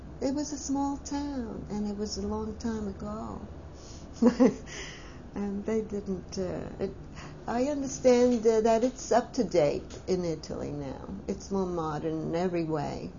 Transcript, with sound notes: It was a small town, and it was a long time ago. (she laughs) And they didn't, I understand that it's up to date in Italy now, it's more modern in every way.